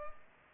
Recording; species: mosquito wingbeat signal from an infrared sensor; Culex pipiens